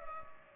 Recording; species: mosquito wingbeat signal from an infrared sensor; Culex pipiens